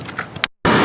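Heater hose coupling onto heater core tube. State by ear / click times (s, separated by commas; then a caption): seated / 0.4 s. A heater hose coupling with its white retaining clip, lined up with the slots, is pushed onto the heater core tube of a Ford 4.6 Expedition after a flush. Faint rustling and small taps at 0.2 s and 0.4 s lead to a sharp click at 0.4 s as the quick-connect seats. After a brief silence, a loud, steady broadband noise begins at 0.7 s and runs to the end.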